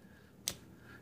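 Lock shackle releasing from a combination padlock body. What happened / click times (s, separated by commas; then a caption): The lock shackle snaps open / 0.5 s. After the last wheel of a vintage W. A. Harrison Lock Co. New York antique insurance combination lock is rolled up halfway, the shackle pops open from the padlock body. One sharp, bright click lands at 0.5 s over a quiet, steady background, followed by a brief decay. The lock is released.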